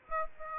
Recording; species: mosquito wingbeat signal from an infrared sensor; Aedes aegypti